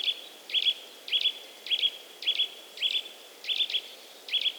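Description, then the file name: Eurasian nuthatch giving clipped high pipes in pairs, repeated at a steady pace, with soft hiss behind. "Sitta europaea"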